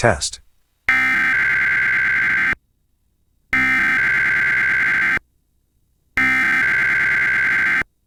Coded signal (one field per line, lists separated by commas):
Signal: Emergency Alert System (SAME) tones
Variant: header bursts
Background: speech